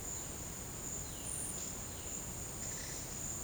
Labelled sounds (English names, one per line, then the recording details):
Violaceous Jay
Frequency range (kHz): Violaceous Jay 2.1-5.1 kHz
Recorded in dense forest near Puerto Asís, Putumayo, Colombia, on 23 June 2025 at 12:00
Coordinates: 0.486, -76.317
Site G065